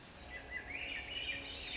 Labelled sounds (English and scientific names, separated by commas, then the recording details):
Swainson's Thrush (Catharus ustulatus)
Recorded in Sonoma County, California